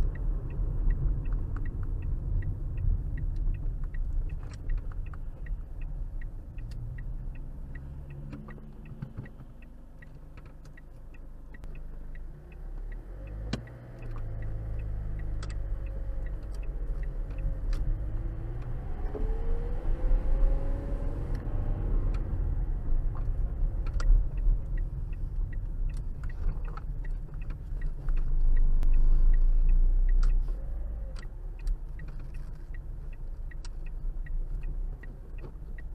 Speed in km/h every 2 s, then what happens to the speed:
40, 29, 15, 8, 0, 0, 0, 2, 8, 15, 23, 24, 23, 15, 11, 13, 8, 5.
0-8 brakes to 0. 8-14 standing. 14-21 pulls away to 24. 24-27 brakes to 11. 30-36 slows to 5.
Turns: 25-29.